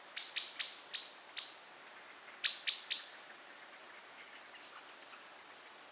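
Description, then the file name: Common blackbird uttering a quick string of five hard chink notes, then a tight group of three after a short gap, followed by near silence. "Turdus merula"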